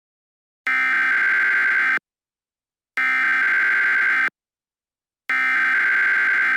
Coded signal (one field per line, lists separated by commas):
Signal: Emergency Alert System (SAME) tones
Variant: header bursts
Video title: The Boston Molassacre - EAS Mock Scenario